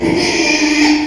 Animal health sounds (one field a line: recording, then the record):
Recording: squeal of a Yucatan mini pig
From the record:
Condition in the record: after surgery on the right vocal fold (resection and tissue-engineered implant)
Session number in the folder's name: 2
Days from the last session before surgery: 13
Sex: male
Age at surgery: 12 weeks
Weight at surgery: 13 kg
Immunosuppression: cyclosporine, prednisolone